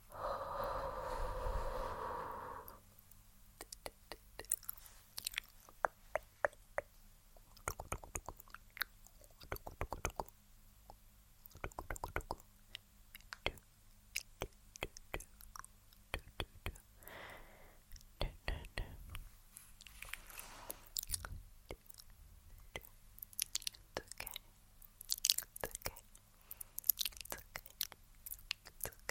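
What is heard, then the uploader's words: Breathy exhales fog the lens for the first few seconds, then sparse wet mouth clicks and soft taps continue over a faint steady hum. Lens Fogging.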